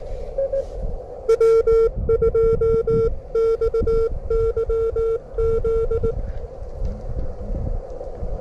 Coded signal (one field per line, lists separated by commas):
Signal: Morse code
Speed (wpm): 19 wpm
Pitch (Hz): 1360 Hz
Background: none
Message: W2XYZ